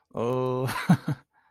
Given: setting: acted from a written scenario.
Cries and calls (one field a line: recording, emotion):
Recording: vocal sound without words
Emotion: amusement